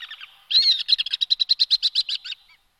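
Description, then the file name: Common swift screaming call: a shrill, high buzzy trill of rapid pulses lasting about two seconds, preceded by a softer quick chatter. "rorýs-velký"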